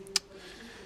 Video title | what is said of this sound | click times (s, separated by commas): MAIZE PREP | pops into place and that's all there is to be done there um so | 0.2 s